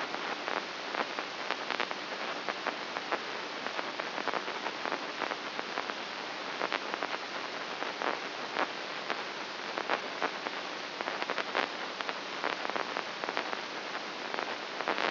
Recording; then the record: brain microelectrode recording played as sound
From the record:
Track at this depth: inside the subthalamic nucleus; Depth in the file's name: 2.64 mm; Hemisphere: right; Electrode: 2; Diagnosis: Parkinson's disease